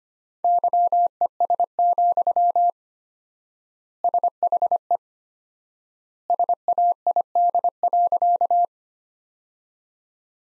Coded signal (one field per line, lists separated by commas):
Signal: Morse code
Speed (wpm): 25 wpm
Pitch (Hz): 700 Hz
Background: none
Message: YES, SHE SAID.